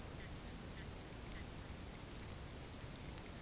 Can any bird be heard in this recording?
no